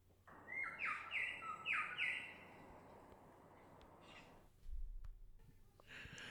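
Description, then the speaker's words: Lyrebird song: a run of sharp whistled notes, then a quieter stretch with a few scattered sounds over low background hum. Local lyrebird that has just moved in, recorded at a house a couple of days earlier. "I'm sure he'll recognise that as the sounds of the local lyrebird that's just moved in here."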